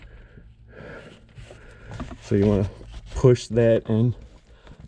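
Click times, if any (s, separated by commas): 4.7 s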